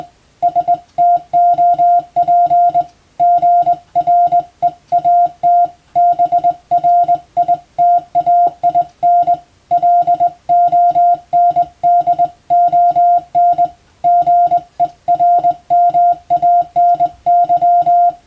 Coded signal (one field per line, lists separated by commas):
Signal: Morse code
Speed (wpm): 20 wpm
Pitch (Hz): 700 Hz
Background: music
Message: STOP GREAT BRITAIN LONDON GERMANY